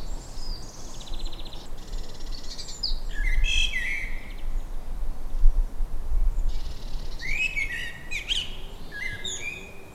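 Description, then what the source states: Bird song: bursts of twittering, whistled and buzzy notes, with low rumbling noise and a few soft thumps underneath. Evening birdsong.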